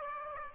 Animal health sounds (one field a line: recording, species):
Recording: mosquito wingbeat signal from an infrared sensor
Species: Aedes aegypti